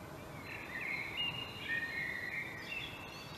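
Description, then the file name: Common blackbird giving a continuous run of soft, fluty, wavering whistled notes with a thin high squeak near the end, over background hiss. "Turdus merula"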